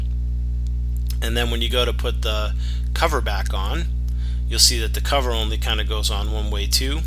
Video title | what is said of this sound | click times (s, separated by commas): Keeping track 1 | you can see the way the SD card goes in you just give it a little press with your fingernail and it should lock into place | 0.7 s, 1.0 s, 1.1 s